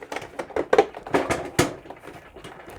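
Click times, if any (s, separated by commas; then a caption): 0.7 s. Plastic wing part A of a Mattel Batman toy vehicle is pushed into the body's bottom grooves, with a series of light plastic taps and rattles around the handling. A sharp snap at 0.7 s marks the wing seating, and it snaps in easily. A few more knocks follow before the sound fades to quiet.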